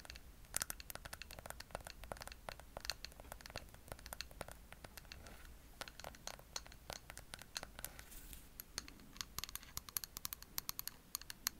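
ASMR tapping: quick, crisp fingertip taps fall in a dense, uneven stream for the whole twelve seconds, sounding a lot like typing on a keyboard. A few taps stand out louder and sharper, and a faint steady low hum runs underneath.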